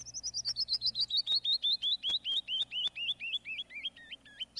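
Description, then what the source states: Canyon Wren song, a long cascade of clear whistled notes sliding steadily lower in pitch. Native to western and southwestern United States; heard in a televised golf broadcast in Michigan, where the species never occurs, probably added to sweeten the audio.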